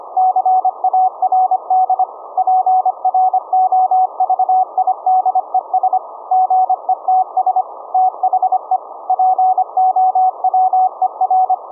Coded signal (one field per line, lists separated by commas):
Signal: Morse code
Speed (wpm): 25 wpm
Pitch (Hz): 750 Hz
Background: none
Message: CARD PROVIDES GETS THE POWER